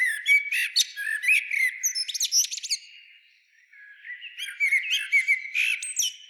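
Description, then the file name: Common blackbird sings tumbling phrases of warbles and shrill squeaks, pausing briefly in the middle before a fresh twittering run. "Turdus merula"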